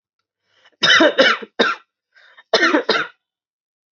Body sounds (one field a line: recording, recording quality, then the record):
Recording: heavy voluntary cough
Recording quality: excellent, no background noise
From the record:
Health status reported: exposed to COVID-19, no respiratory illness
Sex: male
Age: 22 years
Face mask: not worn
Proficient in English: yes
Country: India